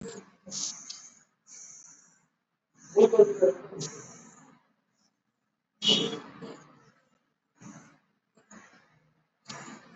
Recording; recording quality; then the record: deep breathing; moderate, slight background noise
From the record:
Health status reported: exposed to COVID-19, no respiratory illness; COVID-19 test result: not tested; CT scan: not taken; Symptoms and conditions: none ticked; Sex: male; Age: 20 years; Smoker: no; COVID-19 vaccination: both doses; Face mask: worn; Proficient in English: yes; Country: India